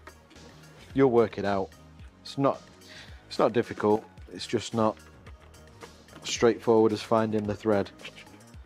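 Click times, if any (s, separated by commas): none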